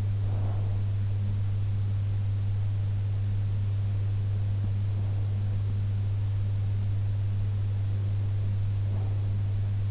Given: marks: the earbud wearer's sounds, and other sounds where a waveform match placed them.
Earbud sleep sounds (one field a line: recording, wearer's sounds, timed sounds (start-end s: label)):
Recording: sounds in sleep by an in-ear microphone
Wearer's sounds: breath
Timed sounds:
0.00-0.95 s: breath
8.71-9.42 s: breath